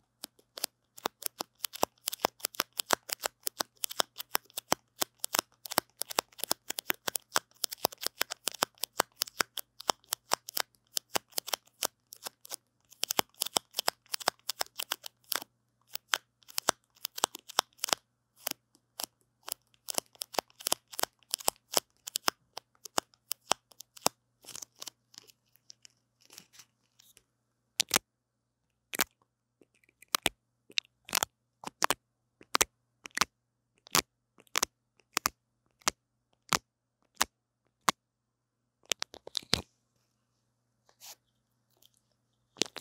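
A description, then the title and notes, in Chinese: Brushing and tapping on a wired microphone: dense, rapid scratchy taps for about 25 seconds, then sparser single knocks over a steady low hum. 刷刷&敲敲線麥。Brain Tingling Brushing & Tapping。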